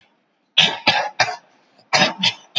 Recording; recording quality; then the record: shallow voluntary cough; excellent, no background noise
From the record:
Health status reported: COVID-19 positive, mild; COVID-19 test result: positive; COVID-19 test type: RT-PCR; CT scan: taken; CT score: 18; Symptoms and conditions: cold, muscle pain, hypertension, ischaemic heart disease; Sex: male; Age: 55 years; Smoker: no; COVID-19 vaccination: both doses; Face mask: not worn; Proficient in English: yes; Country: India